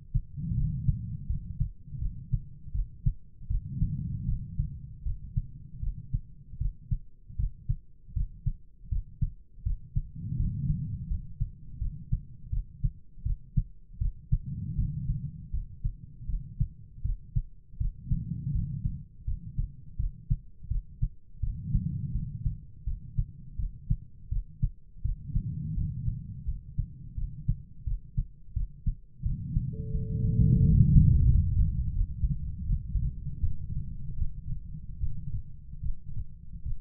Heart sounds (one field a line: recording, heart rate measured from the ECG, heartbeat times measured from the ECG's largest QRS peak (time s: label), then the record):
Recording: heart sounds by stethoscope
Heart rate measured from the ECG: 82 bpm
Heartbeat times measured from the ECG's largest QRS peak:
0.54 s: heartbeat
1.26 s: heartbeat
1.98 s: heartbeat
2.72 s: heartbeat
3.47 s: heartbeat
4.25 s: heartbeat
5.02 s: heartbeat
5.80 s: heartbeat
6.58 s: heartbeat
7.36 s: heartbeat
8.13 s: heartbeat
8.89 s: heartbeat
9.63 s: heartbeat
10.36 s: heartbeat
11.07 s: heartbeat
11.78 s: heartbeat
12.49 s: heartbeat
13.22 s: heartbeat
13.98 s: heartbeat
14.75 s: heartbeat
15.50 s: heartbeat
16.26 s: heartbeat
17.02 s: heartbeat
17.77 s: heartbeat
18.51 s: heartbeat
19.24 s: heartbeat
19.96 s: heartbeat
20.68 s: heartbeat
21.40 s: heartbeat
22.11 s: heartbeat
22.83 s: heartbeat
23.56 s: heartbeat
24.28 s: heartbeat
25.01 s: heartbeat
25.74 s: heartbeat
26.44 s: heartbeat
27.14 s: heartbeat
27.84 s: heartbeat
28.53 s: heartbeat
29.22 s: heartbeat
29.90 s: heartbeat
30.59 s: heartbeat
31.25 s: heartbeat
31.91 s: heartbeat
32.62 s: heartbeat
33.38 s: heartbeat
34.16 s: heartbeat
34.97 s: heartbeat
35.79 s: heartbeat
36.60 s: heartbeat
From the record:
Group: healthy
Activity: rest 0-32 s, Valsalva maneuver 32-37 s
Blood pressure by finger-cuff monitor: 92/56 mmHg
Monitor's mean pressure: 71 mmHg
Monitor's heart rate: 82 bpm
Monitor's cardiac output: 6.5 L/min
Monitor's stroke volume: 78 mL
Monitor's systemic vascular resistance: 780 dyn s/cm5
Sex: female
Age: 43 years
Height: 160 cm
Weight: 90 kg